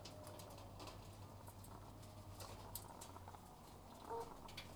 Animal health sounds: poultry house recording; sick chickens (respiratory disease)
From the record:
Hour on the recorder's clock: 13

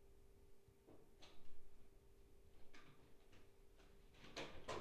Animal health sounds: poultry house recording; no chicken sound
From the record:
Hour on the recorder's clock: 16

